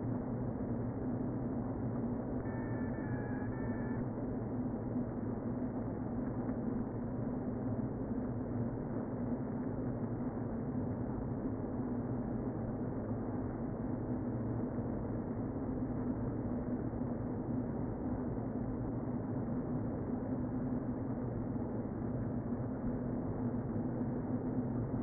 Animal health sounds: honeybee colony, microphone inside the hive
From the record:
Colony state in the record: queen present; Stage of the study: before two queens were removed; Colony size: about 60,000 bees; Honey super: yes

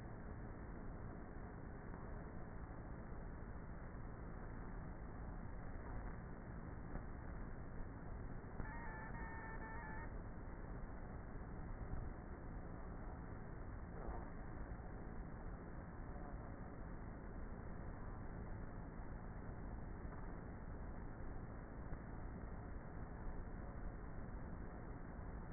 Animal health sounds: honeybee colony, microphone inside the hive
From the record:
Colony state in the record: queenless with a low population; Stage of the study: before two queens were removed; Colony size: about 30,000 bees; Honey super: no

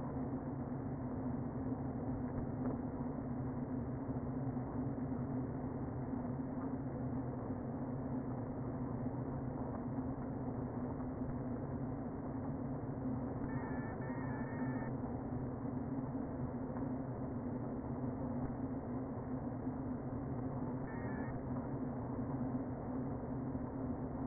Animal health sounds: honeybee colony, microphone inside the hive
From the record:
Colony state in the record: queen present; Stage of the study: before two queens were removed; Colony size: about 60,000 bees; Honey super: yes

